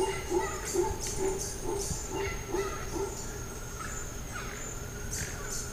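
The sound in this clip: Howler monkey producing a short run of evenly spaced gruff pulses over the first few seconds, then quieter.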